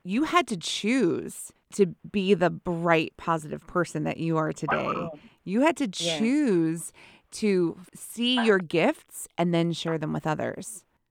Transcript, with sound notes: You had to choose to be the bright positive person that you are today. [dog barks] You had to choose to see your gifts and then share them with others.